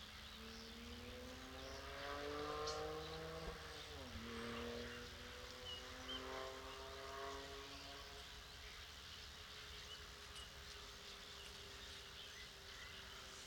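An evening in a clay pit with a car engine droning and shifting pitch, fading after eight seconds, under faint steady insect chirping.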